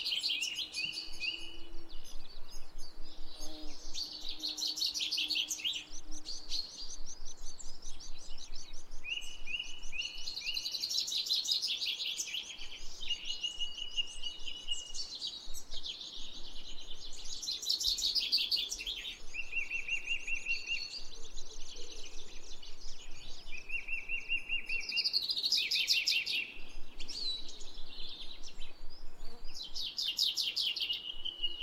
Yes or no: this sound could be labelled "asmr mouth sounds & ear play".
no